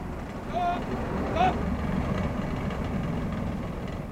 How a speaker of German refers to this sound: Während sie noch mit ihm herumstritten, warf ich den Gang rein und fuhr an.